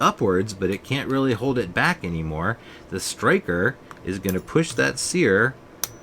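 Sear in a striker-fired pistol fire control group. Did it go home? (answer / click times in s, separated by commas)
yes / 5.8 s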